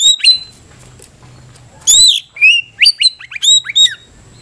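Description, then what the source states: White-rumped shama giving a short whistled phrase, then after a pause a quick series of rising and falling clear whistles. Cage-bird tutor recording (masteran) used for training captive birds to sing.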